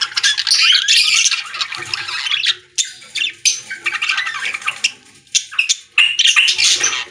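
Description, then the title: Budgerigar warbling in bursts of raspy, squawky chatter with brief gaps, fast and irregular. "Budgie Sounds"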